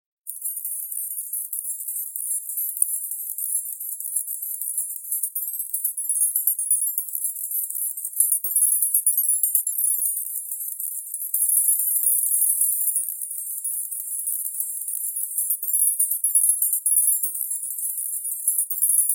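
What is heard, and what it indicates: Steady, shimmering high-pitched tinkling hiss with no low sounds, its energy confined to the highest frequencies: a roughly 10 kHz tinnitus masker sound used to mask or distract from tinnitus.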